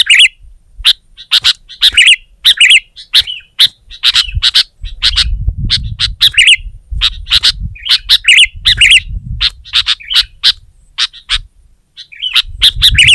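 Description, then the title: Sooty-headed bulbul giving rapid, sharp chirps in quick bursts, mixed with short squeaky warbled phrases, over a low rumbling background noise. "kutilang"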